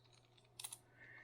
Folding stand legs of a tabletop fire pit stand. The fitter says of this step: and then just lock into place like that